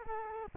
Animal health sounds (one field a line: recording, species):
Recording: mosquito wingbeat signal from an infrared sensor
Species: Culex quinquefasciatus